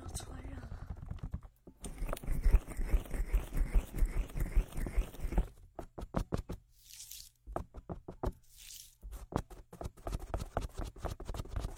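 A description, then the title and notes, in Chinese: An ear spa with aloe gel. Sticky, squishy crackling builds into a dense, fast patter from about two to five seconds, then breaks into sparse taps and clicks, with two soft airy hisses near seven and nine seconds. 超爽の芦荟胶耳朵SPA。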